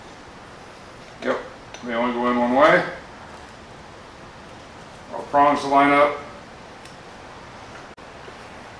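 A trailer wiring plug is lined up by its prongs with the vehicle socket before being pushed in. Someone talks in two short bursts over steady background noise, and only a faint tick is heard around 6.9 seconds. Nothing has seated or clicked yet.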